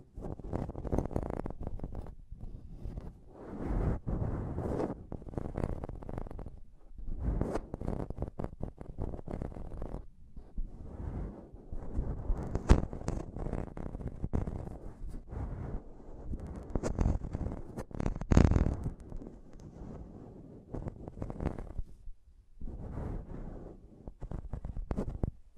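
Mic tapping and scratching fill the whole stretch, a dense run of low, thumpy rubs and knocks that rarely pauses. Sharper, brighter taps cut through now and then, with the loudest hits near thirteen and eighteen seconds, and a brief quieter gap just after twenty.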